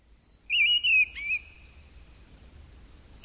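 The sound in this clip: Bird calls: a wavering high whistled phrase broken into three parts, then quiet with a thin background tone, and one sharp chirp at the very end.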